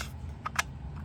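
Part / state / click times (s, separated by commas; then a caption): plastic drill tray stacking onto another tray / seated / 0.6 s. A plastic diamond painting drill tray with one divot and one bump is pressed onto another tray until it locks. A short click at 0.5 s is followed by a sharper, louder snap at 0.6 s as the tray seats, over a low background hum. The tray snaps together and locks in place.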